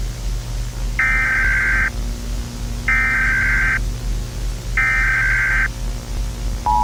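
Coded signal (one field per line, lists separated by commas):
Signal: Emergency Alert System (SAME) tones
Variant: header bursts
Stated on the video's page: Fictional EAS scenario themed on Gorilla Tag horror, not a real alert.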